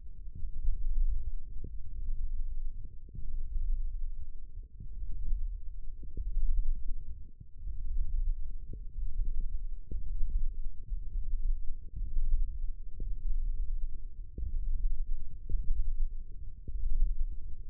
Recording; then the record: forearm muscle sounds (acoustic myography)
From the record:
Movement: hand opening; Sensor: system 1, eight BSWA MPA416 microphones around the upper forearm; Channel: 3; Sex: male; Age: 18 years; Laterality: right